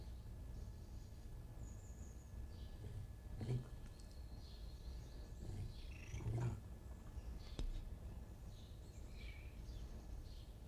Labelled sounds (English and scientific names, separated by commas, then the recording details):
Red Fox (Vulpes vulpes)
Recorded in captivity
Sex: male
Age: adult
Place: Zoologisches Institut der HUB, Berlin, DE
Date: 1959-11-14
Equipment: Reporter, Vollspur 19 cm
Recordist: Tembrock, Günter